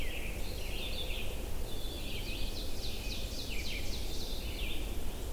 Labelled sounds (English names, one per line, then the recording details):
Ovenbird song
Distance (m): 80 m
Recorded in boreal forest in Alberta, Canada, on 22 June 2016 at 06:54
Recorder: SongMeter 3, array SBT-6-76
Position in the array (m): 163 m, 127 m
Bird 3